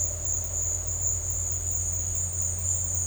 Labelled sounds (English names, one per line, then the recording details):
none
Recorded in dense forest near Puerto Asís, Putumayo, Colombia, on 20 December 2024 at 13:00
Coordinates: 0.468, -76.322
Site G071